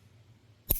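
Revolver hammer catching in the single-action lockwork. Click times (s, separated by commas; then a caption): 0.7 s. The hammer of a Ruger Wrangler single-action .22 revolver is pulled back, since that is the only way to fire it, until it catches at full cock in the lockwork. After a quiet stretch with a faint low hum, one sharp metallic click sounds at 0.7 s. The hammer is seated at full cock.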